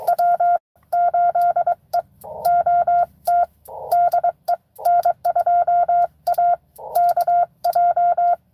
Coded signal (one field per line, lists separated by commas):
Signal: Morse code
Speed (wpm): 22 wpm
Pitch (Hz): 700 Hz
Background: none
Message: W8EOT DE N2AKJ